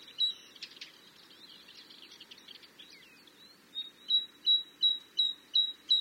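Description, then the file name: Great tit starting with scratchy, jumbled twittering, then a run of about seven sharp high notes repeated at a quick, regular beat. "Parus major"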